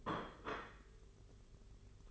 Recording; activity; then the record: daily activity, microphone in the room; place plate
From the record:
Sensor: 4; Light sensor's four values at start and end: 20/65/24/24 and 20/65/24/24